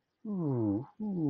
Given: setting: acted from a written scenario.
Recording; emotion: vocal sound without words; adoration